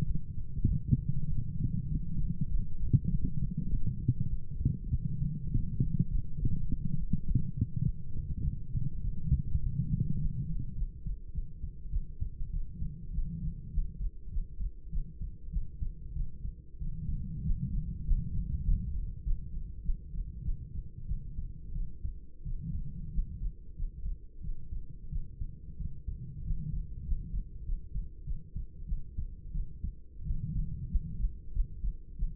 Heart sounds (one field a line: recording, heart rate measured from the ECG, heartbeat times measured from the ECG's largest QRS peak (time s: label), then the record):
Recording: heart sounds by stethoscope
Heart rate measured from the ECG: 97 bpm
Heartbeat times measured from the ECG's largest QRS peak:
0.04 s: heartbeat
0.66 s: heartbeat
1.27 s: heartbeat
1.87 s: heartbeat
2.47 s: heartbeat
3.07 s: heartbeat
3.67 s: heartbeat
4.27 s: heartbeat
4.89 s: heartbeat
5.49 s: heartbeat
6.07 s: heartbeat
6.65 s: heartbeat
7.24 s: heartbeat
7.83 s: heartbeat
8.42 s: heartbeat
9.01 s: heartbeat
9.60 s: heartbeat
10.18 s: heartbeat
10.75 s: heartbeat
11.32 s: heartbeat
11.90 s: heartbeat
12.50 s: heartbeat
13.11 s: heartbeat
13.70 s: heartbeat
14.30 s: heartbeat
14.89 s: heartbeat
15.50 s: heartbeat
16.13 s: heartbeat
16.78 s: heartbeat
17.42 s: heartbeat
18.04 s: heartbeat
18.64 s: heartbeat
19.23 s: heartbeat
19.82 s: heartbeat
20.42 s: heartbeat
21.06 s: heartbeat
21.72 s: heartbeat
22.43 s: heartbeat
23.10 s: heartbeat
23.75 s: heartbeat
24.41 s: heartbeat
25.09 s: heartbeat
25.77 s: heartbeat
26.42 s: heartbeat
27.04 s: heartbeat
27.64 s: heartbeat
28.24 s: heartbeat
28.85 s: heartbeat
29.51 s: heartbeat
30.23 s: heartbeat
30.88 s: heartbeat
31.52 s: heartbeat
32.15 s: heartbeat
From the record:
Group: healthy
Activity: light exercise 0-10 s, rest 10-32 s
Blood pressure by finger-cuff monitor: 135/82 mmHg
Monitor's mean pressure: 99 mmHg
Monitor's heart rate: 100 bpm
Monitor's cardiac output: 7.5 L/min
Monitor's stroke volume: 76 mL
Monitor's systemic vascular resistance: 970 dyn s/cm5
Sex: female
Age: 26 years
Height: 165 cm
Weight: 55 kg